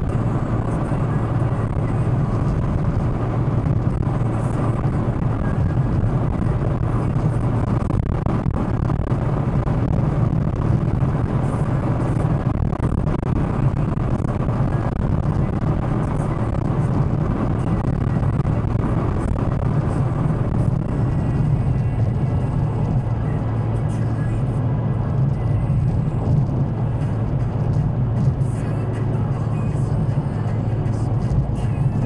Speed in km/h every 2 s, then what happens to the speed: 130, 131, 132, 133, 133, 133, 131, 131, 130, 130, 129, 129, 129, 128, 126, 125.
0-32 steady at about 130.